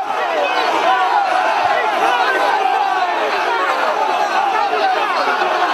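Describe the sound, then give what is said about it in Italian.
A dense crowd shouting angrily in protest against Italian Chamber of Deputies president Fini at the funeral of Rauti, with shoving and spitting; many overlapping voices yelling at once in a loud, continuous roar with no pauses, rising into sharper cries now and then. “Urla, spintoni, sputi, pare, e questo è il titolo di Libero a tutta pagina, sputi a Fini.”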